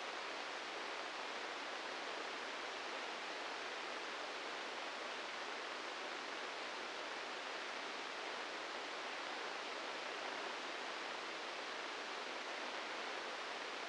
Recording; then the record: brain microelectrode recording played as sound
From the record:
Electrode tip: inside the subthalamic nucleus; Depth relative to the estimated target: 1 mm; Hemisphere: right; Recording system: NeuroSet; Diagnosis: Parkinson's disease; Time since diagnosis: 15 years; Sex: female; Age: 59 years